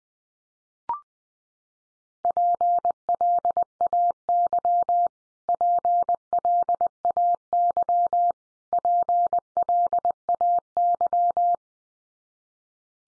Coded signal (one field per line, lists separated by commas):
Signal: Morse code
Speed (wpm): 20 wpm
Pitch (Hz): 700 Hz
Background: none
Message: PLAY PLAY PLAY